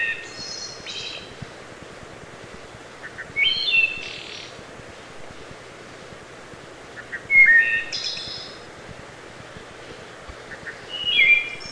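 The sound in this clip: Wood thrush singing four flute-like phrases, about one every four seconds, with soft lead-in notes, liquid whistles and high, shimmering endings; the first and last are cut off.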